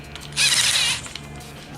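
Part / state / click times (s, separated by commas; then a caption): screwdriver bit into drill chuck / seated / 0.1 s, 1.2 s. A screwdriver bit is tightened into the chuck of a cordless drill/screwdriver, with a click at 0.2 s, a loud whirring ratchet-like mechanism sound from about 0.4 to 1.0 s, and another sharp click at 1.2 s. The chuck ends up locked on the bit.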